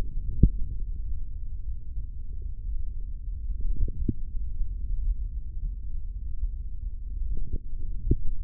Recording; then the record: forearm muscle sounds (acoustic myography)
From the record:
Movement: hand closing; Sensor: system 3, bracelet of six PUI Audio POM-2738L microphones around the upper forearm, with dedicated amplification and filtering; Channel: 2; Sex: male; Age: 25 years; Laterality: right